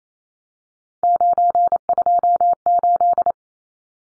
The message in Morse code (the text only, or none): 928